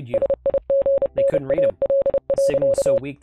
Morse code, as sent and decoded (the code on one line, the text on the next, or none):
... .. --. -. .- .-.. .-.-.-
SIGNAL.